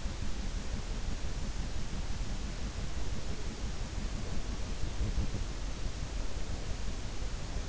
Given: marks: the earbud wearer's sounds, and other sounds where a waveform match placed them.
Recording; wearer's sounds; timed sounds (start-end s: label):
sounds in sleep by an in-ear microphone; breath
3.95-5.47 s: breath